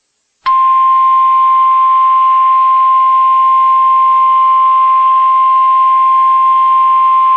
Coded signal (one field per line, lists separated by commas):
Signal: Emergency Alert System (SAME) tones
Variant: 1050 Hz attention tone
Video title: 14th March 2024 - EF3 Tornado - Wapakoneta, Russells Point, Lakeview, Ohio - NOAA Weather Radio